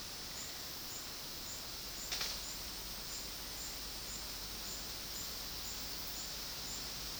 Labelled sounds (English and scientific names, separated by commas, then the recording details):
none
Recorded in dense forest near Puerto Asís, Putumayo, Colombia, on 18 February 2024 at 12:30
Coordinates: 0.481, -76.318
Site G6421